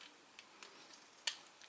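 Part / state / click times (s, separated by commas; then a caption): plastic clips on a transforming robot figure's panel going into body slots / seated / 1.3 s. During transformation of an X-Transbots MM-VII Hatch robot figure, a plastic panel is pushed so its clips lock into slots on both sides of the body. A few faint ticks lead up to one sharp click at 1.3 s, and the panel is seated.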